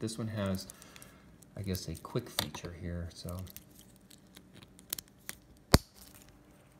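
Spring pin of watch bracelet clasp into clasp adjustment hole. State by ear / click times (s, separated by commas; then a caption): seated / 5.7 s. Someone talks while working the quick-adjust feature on the metal bracelet clasp of a Cadisen C8210 automatic watch, followed by a few faint metallic ticks between about 4.4 and 5.3 seconds. The clasp's spring pin then snaps back into its adjustment hole with a sharp metallic click at 5.7 seconds, and it is confirmed as seated.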